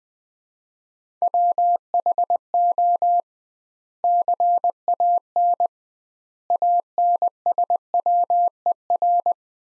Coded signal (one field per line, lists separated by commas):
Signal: Morse code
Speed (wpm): 20 wpm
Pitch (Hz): 700 Hz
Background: none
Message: WHO CAN ANSWER